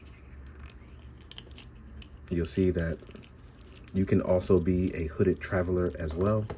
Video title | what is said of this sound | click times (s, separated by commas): Marvel Legends/S.H. Figuarts Spider-Man: No Way Home Green Goblin 2 in 1 Video | but I really like that smell and scul that Marvel Legends presented us and if we pop our Hood in | 1.3 s, 1.4 s